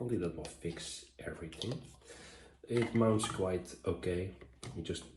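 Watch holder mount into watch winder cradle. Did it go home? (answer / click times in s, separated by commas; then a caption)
no / none. A plastic watch-holder cushion mount is handled at the rotating cradle of a watch winder while someone talks, with faint tapping and handling noises under the speech. Nothing has seated or clicked yet; the mount is not yet pushed home into its slot.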